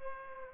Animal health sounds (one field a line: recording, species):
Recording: mosquito wingbeat signal from an infrared sensor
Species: Aedes aegypti